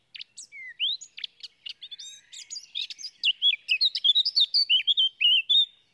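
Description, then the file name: Eurasian blackcap singing, a quiet scratchy start swelling into a rapid run of loud whistled notes, each slurred up and down, in a phrase of about five seconds. "Sylvia atricapilla"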